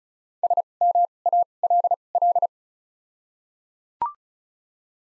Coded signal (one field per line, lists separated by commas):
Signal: Morse code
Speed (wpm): 36 wpm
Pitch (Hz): 700 Hz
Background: none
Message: S M A L L